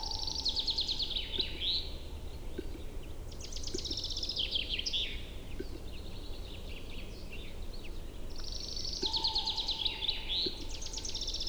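A capercaillie lek in a spring forest: sparse clicks and scratchy, rasping bursts recur every second or two, alongside bright warbling birdsong phrases at the start, around four seconds and again near nine seconds. A steady low rumble runs underneath throughout.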